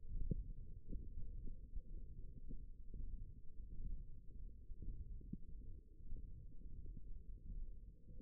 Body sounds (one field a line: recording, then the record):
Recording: forearm muscle sounds (acoustic myography)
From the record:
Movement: hook grip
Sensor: system 1, eight BSWA MPA416 microphones around the upper forearm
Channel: 4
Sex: male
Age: 23 years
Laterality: right